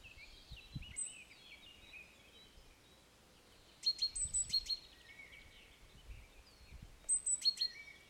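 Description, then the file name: Great tit repeating a short phrase of a high whistled note and quick sharp notes, with other soft bird calls around it. "Parus major"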